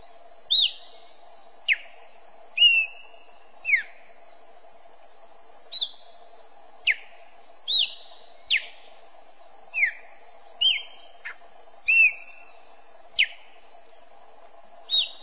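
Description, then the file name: Chopi blackbird song: clear whistled notes, some falling slurs and sharp clicks, in an irregular series over a steady high insect drone. "canto do grauna"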